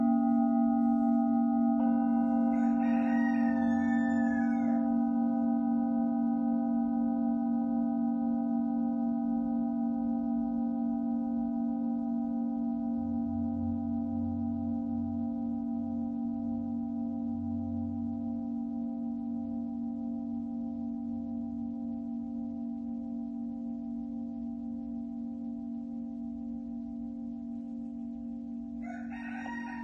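A singing bowl rings in a long, steady drone, its deep low tone and several clear higher overtones slowly fading across the half minute. A brief bright shimmer rises early on, another bowl sound enters right at the end, and a soft low rumble passes midway.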